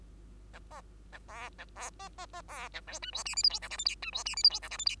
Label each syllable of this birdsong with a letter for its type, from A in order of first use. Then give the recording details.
A B A C A C B B B C A D E F G H I J K L M N E F G H I J K L M N. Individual Bird2